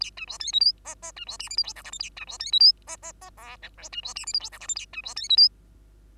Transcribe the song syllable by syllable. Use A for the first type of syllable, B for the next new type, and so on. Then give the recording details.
A B C D E F G G B C H I J K L M N A B C D E F G G G O P Q B C H I J K L M N A B C D E F. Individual Bird2